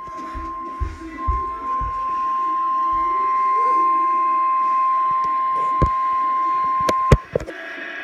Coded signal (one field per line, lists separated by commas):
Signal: Emergency Alert System (SAME) tones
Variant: 1050 Hz attention tone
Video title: Severe Thunderstorm Warning EAS #79